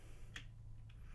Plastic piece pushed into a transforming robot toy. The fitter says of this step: yeah it comes in with a nice click and there